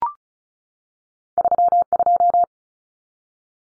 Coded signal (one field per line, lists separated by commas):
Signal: Morse code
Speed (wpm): 34 wpm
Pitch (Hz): 700 Hz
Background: none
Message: 32